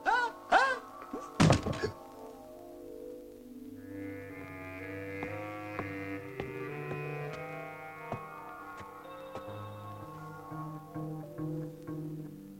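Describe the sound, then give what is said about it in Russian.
A few heavy, dull knocks on one of the doors on a building's second floor land in quick succession at the start, then give way to steady, sustained orchestral music that carries on to the end. “стучит по одной из дверей.”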